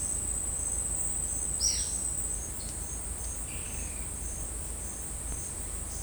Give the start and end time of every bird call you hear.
[1.58, 1.94] bird call (1.4-6.6 kHz)
[3.39, 4.09] bird call (1.8-3.6 kHz)

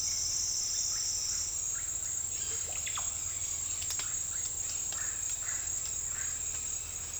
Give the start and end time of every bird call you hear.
[0.00, 6.31] bird call (0.8-2.2 kHz)

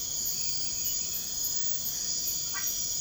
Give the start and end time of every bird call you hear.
[2.51, 2.72] bird call (0.7-2.9 kHz)

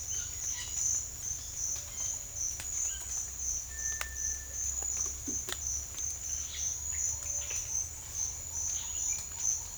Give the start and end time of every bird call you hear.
[0.12, 0.81] bird call (1.0-5.7 kHz)
[2.83, 3.04] bird call (1.0-3.4 kHz)
[3.68, 4.51] bird call (1.4-2.3 kHz)
[6.50, 6.60] bird call (1.5-4.5 kHz)
[6.88, 6.99] bird call (2.0-3.3 kHz)
[7.38, 7.54] bird call (1.7-4.0 kHz)
[9.07, 9.36] bird call (1.8-2.9 kHz)

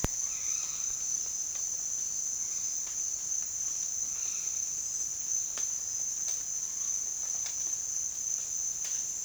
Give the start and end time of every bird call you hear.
[0.22, 0.96] bird call (0.1-4.7 kHz)
[4.07, 4.68] bird call (0.9-4.8 kHz)

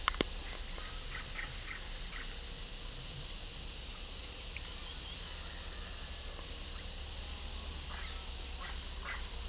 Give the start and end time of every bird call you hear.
[0.00, 2.34] bird call (0.5-2.7 kHz)

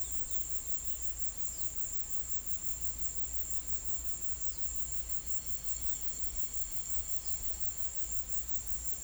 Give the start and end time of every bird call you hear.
[0.00, 1.08] bird call (2.7-4.6 kHz)

